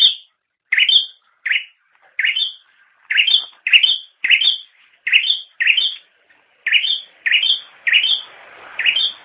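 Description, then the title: Bird chirping steadily, a series of short rising notes ending in high whistles, repeated in quick succession with short pauses. "kikicau"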